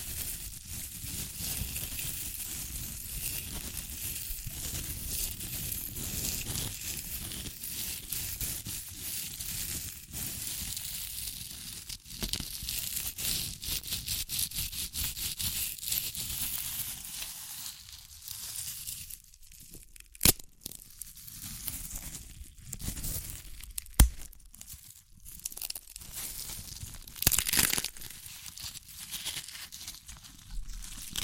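Crunchy chips being crushed and eaten, a dense, continuous crackling and crinkling with bright, hissy texture throughout. The first two-thirds is steady and busy; after about eighteen seconds it thins into sparser crunches, with sharp louder snaps near 20, 24 and 27 seconds.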